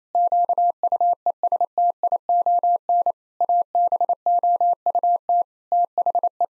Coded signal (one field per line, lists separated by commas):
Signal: Morse code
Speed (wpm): 28 wpm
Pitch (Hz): 700 Hz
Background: none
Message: QUESTION ABOUT THE